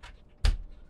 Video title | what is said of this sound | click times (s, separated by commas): babyboat Bassinet Bedside Sleeper with 360° All Air Mesh, Bedside Crib with Storage Basket | to lock it in place | 0.5 s